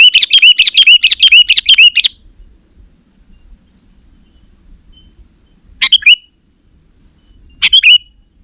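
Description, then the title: Sooty-headed bulbul song: a fast run of bright, bouncing notes for two seconds, then two short chirpy bursts after a quiet pause. "kutilang"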